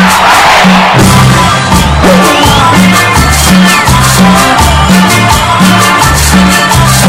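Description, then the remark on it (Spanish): A loud concert crowd at Luna Park shouts and cheers nonstop over a pounding, steady bass beat, the roar of voices blending with the music for the whole stretch. “Y grita Luna Park.”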